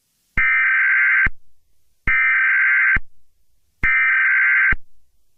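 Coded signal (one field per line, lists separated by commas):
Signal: Emergency Alert System (SAME) tones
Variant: header bursts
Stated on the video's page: Fictional shooter alert, not real.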